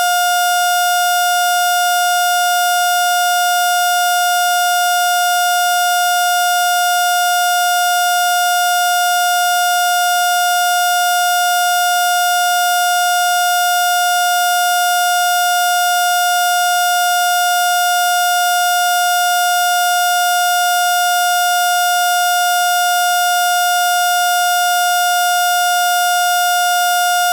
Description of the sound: Steady Heart Monitor To Flatline.